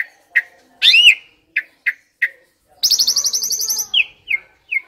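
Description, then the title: Asian pied starling song: loud varied whistles, a rising-falling slurred note, short chirps, then a harsh rapid buzzy series followed by three descending whistled notes. Indonesian masteran (training) audio meant to make birds that sing too little, and sluggish birds, sing more. "Masteran Jalak Suren Atasi Burung KURANG GACOR Dan LOYO"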